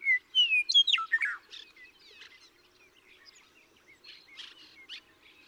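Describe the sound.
Western meadowlark song: a brief burst of clear, slurred whistles ending in a quick jumbled warble, followed by soft scattered chirps.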